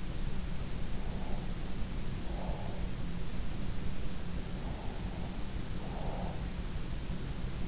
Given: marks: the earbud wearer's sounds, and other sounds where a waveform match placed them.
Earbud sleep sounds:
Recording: sounds in sleep by an in-ear microphone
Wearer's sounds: breath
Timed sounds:
1.10-2.89 s: breath
4.64-6.36 s: breath

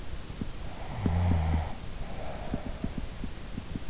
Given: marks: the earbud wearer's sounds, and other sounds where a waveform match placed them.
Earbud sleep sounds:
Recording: sounds in sleep by an in-ear microphone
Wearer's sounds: snoring breath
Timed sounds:
0.61-3.66 s: snoring breath

